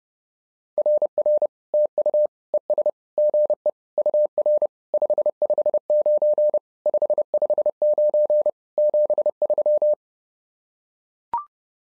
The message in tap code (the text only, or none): none